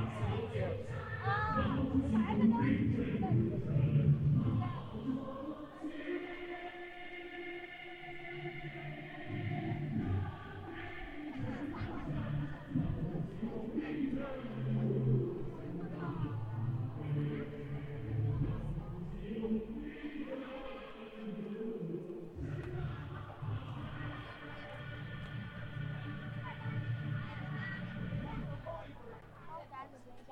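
At Hongyadong in Chongqing, a steady babble of many overlapping voices fills the whole stretch, with one louder speaker standing out near the start.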